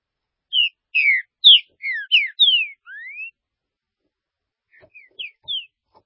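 Green-winged saltator song: a phrase of loud, clear whistled notes, some slurred downward, ending in a long rising whistle, then a few softer notes.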